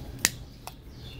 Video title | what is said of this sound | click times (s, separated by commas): Sheep- Processing Baby Lambs | can hear it click and | 0.2 s